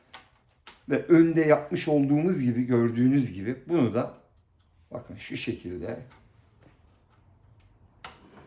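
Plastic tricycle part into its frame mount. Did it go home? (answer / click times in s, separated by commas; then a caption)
yes / 8.1 s. A plastic part of a BabyHope Bobo Speed child's tricycle is pushed into its mount on the frame, the same way as on the front, while someone talks. After a pause, a sharp click at 8.1 s marks the part seating into place.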